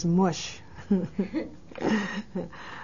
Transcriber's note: they laugh